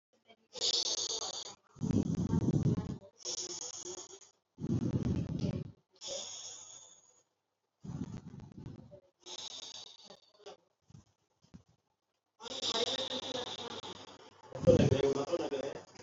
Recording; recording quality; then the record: deep breathing; moderate, slight background noise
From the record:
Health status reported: healthy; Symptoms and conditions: fever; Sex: female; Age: 22 years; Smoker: not ticked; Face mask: worn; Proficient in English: yes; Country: India